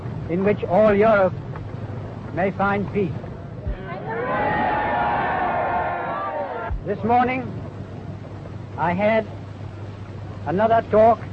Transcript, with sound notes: in which all Europe may find peace. [Crowd cheers] This morning, I had another talk